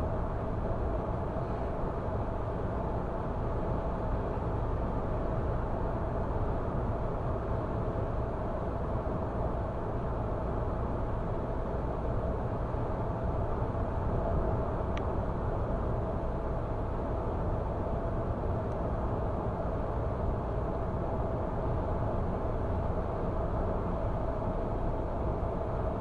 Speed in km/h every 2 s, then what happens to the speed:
105, 105, 105, 105, 105, 105, 106, 106, 106, 106, 106, 106, 106.
0-26 steady at about 106.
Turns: none.